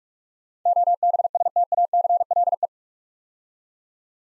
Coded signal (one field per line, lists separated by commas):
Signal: Morse code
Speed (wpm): 44 wpm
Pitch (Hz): 700 Hz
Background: none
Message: OBSTACLE